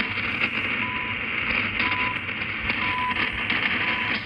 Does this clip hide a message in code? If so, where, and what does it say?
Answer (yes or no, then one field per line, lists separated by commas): no